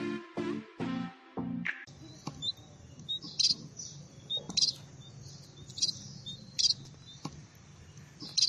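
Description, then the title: Red-throated parrotfinch giving sharp, very high chirps at irregular intervals. "Erythrura Psittacea"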